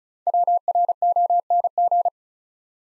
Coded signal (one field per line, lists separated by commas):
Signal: Morse code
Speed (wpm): 34 wpm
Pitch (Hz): 700 Hz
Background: none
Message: WRONG